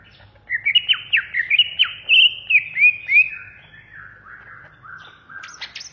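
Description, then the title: Greater green leafbird song: rapid run of sharp whistled notes and slurred chips, varied and high, fading into softer lower phrases. Greater green leafbird of the Banyuwangi type, singing in the rapid 'ngentrok' style, described as 'ngamuk' (raging, agitated) singing. "Master Burung Jos. Cucak ijo Banyuwangi Ngentrok Ngamuk"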